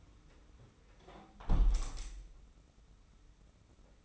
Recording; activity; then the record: daily activity, microphone in the room; close window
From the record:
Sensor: 1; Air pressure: 991.3 hPa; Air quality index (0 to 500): 112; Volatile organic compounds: 127 ppm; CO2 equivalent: 3912 ppm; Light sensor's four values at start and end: 38/118/47/48 and 37/117/46/48